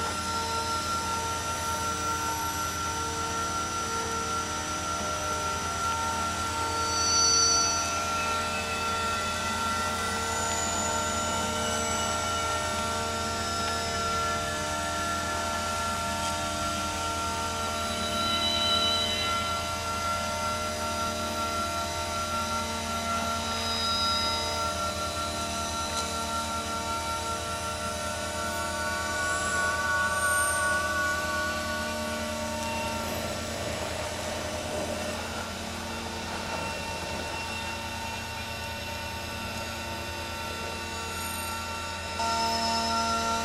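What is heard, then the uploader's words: Electromagnetic signals from a moving underground train: a steady low hum under layered whining tones and buzzes that shift slightly, brightening briefly around the middle. The signals were captured with the use of an EM coil pick up. Recordings of EM signals produced by a Piccadilly Line tube train travailing between Green Park and Holborn stations.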